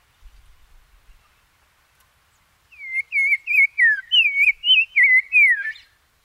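Black-crowned tchagra song: a few soft low thumps, then a lively series of about ten looping, warbling whistles delivered rapidly over three seconds.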